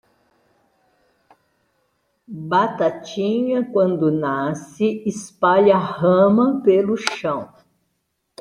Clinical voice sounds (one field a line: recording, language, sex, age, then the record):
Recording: short text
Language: Brazilian Portuguese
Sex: female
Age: 60 to 69 years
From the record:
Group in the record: control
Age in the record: 68 years